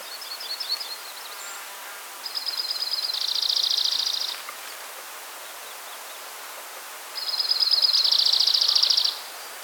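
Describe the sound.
Junco song: a soft trill, then two dry, even, musical trills about two seconds each, separated by a few seconds, over steady background hiss.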